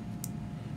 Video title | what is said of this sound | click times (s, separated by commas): TPI ECM Delphi Connector Repair - Tunned Port Injection. | make sure you hear it lock | 0.2 s